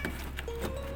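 A heat-insulation liner panel is being pushed onto the underside of a 2020 Almera's trunk lid, with its plastic trim clip pressed toward the lid. Two short, sharp knocks at about 0.0 and 0.4 seconds sit over a steady low hum, and a faint sustained tone, possibly music, begins around 0.5 seconds. Nothing has seated or clicked yet.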